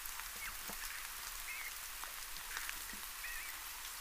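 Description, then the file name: Eurasian bullfinch calls: soft, wavering piped notes, given several times over a few seconds against steady hiss like rain. "Pyrrhula pyrrhula"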